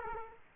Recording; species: mosquito wingbeat signal from an infrared sensor; Culex quinquefasciatus